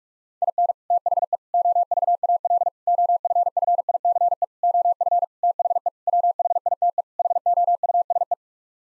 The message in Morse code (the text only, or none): IN THE OVAL OFFICE OF THE WHITE HOUSE